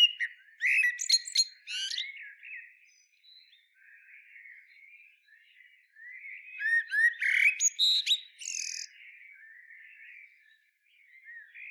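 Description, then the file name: Common blackbird song with two bright, scratchy twittered flourishes, each followed by a soft, low-pitched warbling phrase. "Turdus merula"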